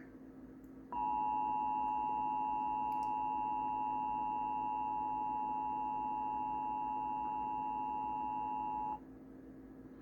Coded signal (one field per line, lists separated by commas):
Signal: Emergency Alert System (SAME) tones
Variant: 853 and 960 Hz attention tone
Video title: 2021 National EAS Test